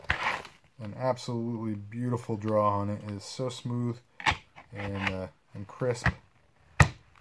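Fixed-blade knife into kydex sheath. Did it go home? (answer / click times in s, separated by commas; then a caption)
yes / 6.8 s. Someone talks while an ESEE-4 fixed-blade knife is pushed back into its custom kydex sheath. The sheath's retention snaps it home with a sharp click at 6.8 s, and the knife is seated.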